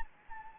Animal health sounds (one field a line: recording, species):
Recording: mosquito wingbeat signal from an infrared sensor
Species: Anopheles gambiae